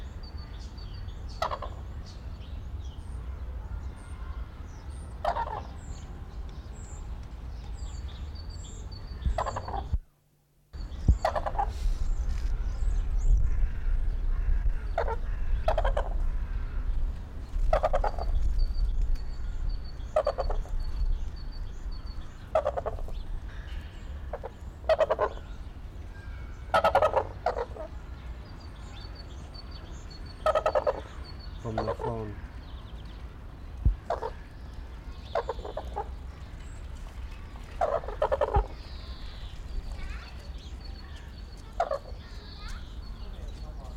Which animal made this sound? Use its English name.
Red-crowned Crane